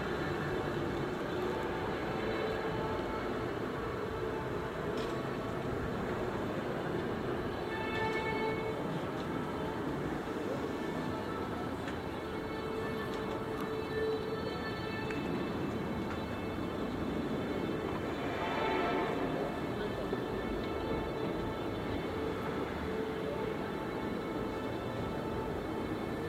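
A city square in Rotterdam, thick with a steady low rumble of traffic and what sounds like a passing tram or train. Brief voices and small clatters surface now and then, with a brighter swell near the twentieth second before the din settles back.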